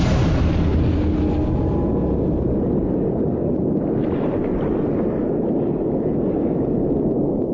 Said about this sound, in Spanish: La presión que el agua ejerce sobre el batiscafo es muy fuerte. De repente, una explosión sacude la nave. El ruido sobresalta a los dos tripulantes.